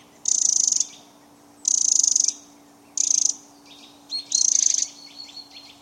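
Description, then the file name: Eurasian wren calling with four quick, high, grating rattles separated by short pauses, a few faint ticks between, and a steady low hum throughout. "Troglodytes troglodytes"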